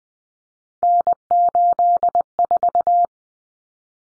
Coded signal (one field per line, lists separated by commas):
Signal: Morse code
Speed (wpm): 20 wpm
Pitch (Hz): 700 Hz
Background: none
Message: N84